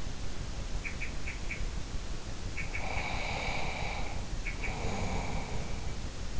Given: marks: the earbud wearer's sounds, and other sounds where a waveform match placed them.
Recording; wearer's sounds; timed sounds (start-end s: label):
sounds in sleep by an in-ear microphone; breath
0.54-2.01 s: sound from someone else or the room
2.61-6.01 s: breath
2.61-3.43 s: sound from someone else or the room
4.38-4.89 s: sound from someone else or the room